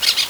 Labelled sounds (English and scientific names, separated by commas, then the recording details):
Brown-throated Parakeet (Eupsittula pertinax) contact call
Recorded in Venezuela
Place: Guárico; Corozopando; Fundo La Fe
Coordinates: 8.506, -67.593